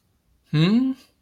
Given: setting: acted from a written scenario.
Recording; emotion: vocal sound without words; confusion